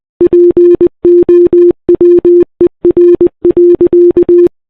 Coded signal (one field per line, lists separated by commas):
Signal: Morse code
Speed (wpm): 27 wpm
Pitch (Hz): 350 Hz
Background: none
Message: POWER.